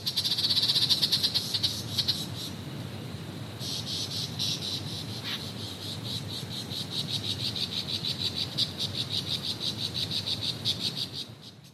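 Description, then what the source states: Superb lyrebird mimicry song, a dense mix of high rapid trills and pulsed chatter with varied phrases, over steady background hiss. Single male; many different sounds made at the same time; large songbird found only in Australian forests; mimics sounds from forest creatures to drills.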